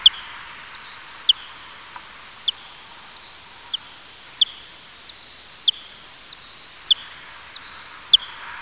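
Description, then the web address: Bat calls: a series of bright clicks at irregular intervals, some with faint tonal smears, over low steady noise. "Fledermaus"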